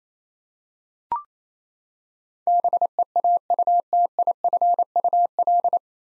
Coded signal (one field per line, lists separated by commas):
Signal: Morse code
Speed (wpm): 28 wpm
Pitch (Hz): 700 Hz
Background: none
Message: BEAUTIFUL